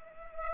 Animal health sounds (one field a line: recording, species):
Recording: mosquito wingbeat signal from an infrared sensor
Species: Culex pipiens